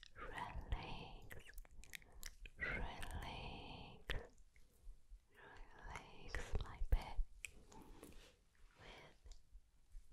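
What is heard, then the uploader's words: Wet mouth sounds fill the recording: soft smacking, lip clicks and chewing-like squelches in irregular bursts with brief breathy, whisper-like passages. Sharp clicks pop out around the seventh second, and the sounds thin to near silence by the end. TRIGGER SOUNDS, MOUTH SOUNDS, RELAXING ASMR.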